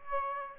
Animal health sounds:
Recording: mosquito wingbeat signal from an infrared sensor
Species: Aedes aegypti

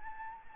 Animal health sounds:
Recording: mosquito wingbeat signal from an infrared sensor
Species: Anopheles gambiae

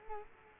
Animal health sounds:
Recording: mosquito wingbeat signal from an infrared sensor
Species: Culex quinquefasciatus

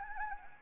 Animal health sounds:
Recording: mosquito wingbeat signal from an infrared sensor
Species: Anopheles arabiensis

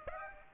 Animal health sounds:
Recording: mosquito wingbeat signal from an infrared sensor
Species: Aedes aegypti

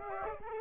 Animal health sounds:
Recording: mosquito wingbeat signal from an infrared sensor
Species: Aedes aegypti

